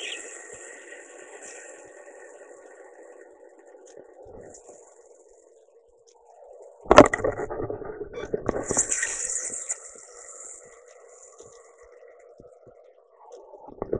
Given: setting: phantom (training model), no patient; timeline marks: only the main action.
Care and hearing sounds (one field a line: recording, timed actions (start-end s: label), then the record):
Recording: laparoscopic instrument, vibration sensor on the handle end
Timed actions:
0.00-4.18 s: coagulation
8.10-13.18 s: coagulation
From the record:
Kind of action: gesture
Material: ex-vivo porcine liver